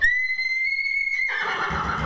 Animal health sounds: contact call of a hoofed animal; horse; whinny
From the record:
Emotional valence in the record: negative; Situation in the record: group separation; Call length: 2.2 s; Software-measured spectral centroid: 2180 Hz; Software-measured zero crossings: 3650 a second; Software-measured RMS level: -24 dBFS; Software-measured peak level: -11 dBFS

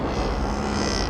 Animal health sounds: contact call of a hoofed animal; cattle; low-frequency (closed-mouth) or high-frequency (open-mouth) call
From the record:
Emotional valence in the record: negative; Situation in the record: full separation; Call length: 1.10 s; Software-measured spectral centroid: 2260 Hz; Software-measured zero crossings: 1880 a second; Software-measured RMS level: -24 dBFS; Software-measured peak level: -11 dBFS

